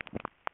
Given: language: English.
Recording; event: throat vibration sensor signal played as sound; swallow